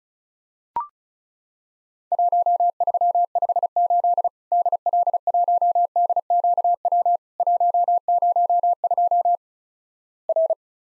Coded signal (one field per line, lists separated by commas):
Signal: Morse code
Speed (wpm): 36 wpm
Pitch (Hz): 700 Hz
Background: none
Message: 1358 DL1DQW 102 R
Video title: Worked All Europe DX Contest QTC Exchange with Repeats 35wpm